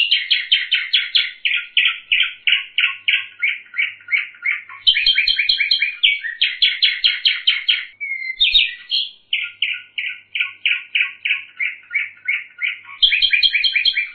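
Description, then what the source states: Bird song, a fast stream of buzzy chattering notes about three per second, shifting pitch in rolling phrases, with a brief sliding whistle near the middle. Masteran tutor recording.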